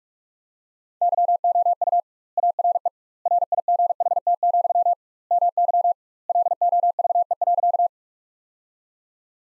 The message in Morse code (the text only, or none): YOU ARE RIGHT, MY LOVE.